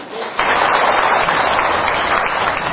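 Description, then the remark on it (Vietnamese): A crowd at Thiên Chánh Pagoda's celebration of Vietnamese Teachers' Day breaks into sustained applause for the pagoda, a dense, steady wash of clapping that starts abruptly after a brief quiet moment and stays loud throughout. “Xin cho chùa Thiên Chánh một tràng pháo tay.”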